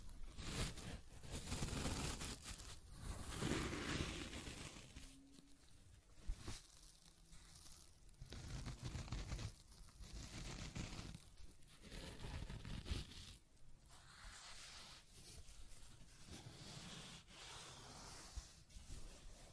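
Scratching and tracing sounds come in a run of rough, papery strokes, each a second or two long, with brief gaps between them. The rasping is dense and fairly bright, and the stroke rhythm is uneven. A faint low tone surfaces briefly around the five-second mark.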